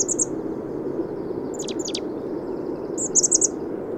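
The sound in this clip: Bird song in short, very high sparkling phrases: a trill at the start, a few sharp downslurred notes mid-way, then a quick bright burst, over constant background hiss.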